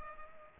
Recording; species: mosquito wingbeat signal from an infrared sensor; Culex pipiens